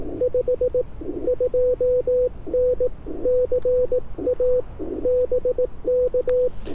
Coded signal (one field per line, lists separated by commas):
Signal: Morse code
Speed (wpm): 18 wpm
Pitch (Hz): 500 Hz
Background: radio noise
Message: 5 2N CA BK